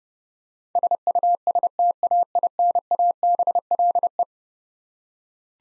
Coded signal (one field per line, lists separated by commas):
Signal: Morse code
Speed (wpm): 30 wpm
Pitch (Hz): 700 Hz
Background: none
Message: SUSTAINABLE